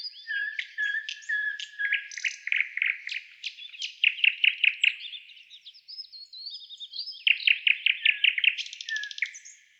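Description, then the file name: Nightingale song with varied whistles and fast repeated note series in bursts, including a rapid pulsing trill near the end. Song type described as a trill. "Solovey- Trel"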